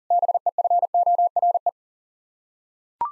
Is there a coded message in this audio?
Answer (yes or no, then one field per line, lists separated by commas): yes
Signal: Morse code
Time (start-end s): 0.1-1.7 s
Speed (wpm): 40 wpm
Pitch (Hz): 700 Hz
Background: none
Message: BEFORE